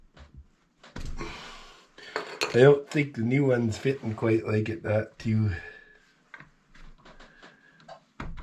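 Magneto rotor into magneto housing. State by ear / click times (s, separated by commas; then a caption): seated / 8.2 s. The old metal rotor is fitted back into the magneto housing of an International H tractor magneto because the new rotor would not fit properly. Someone talks over faint handling clicks and light metallic taps. A loud, sharp hit at 8.2 s marks the rotor popping into place, seated further in than the new one went.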